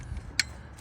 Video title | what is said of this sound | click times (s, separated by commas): How to replace the alternator | you hear the pop | 0.4 s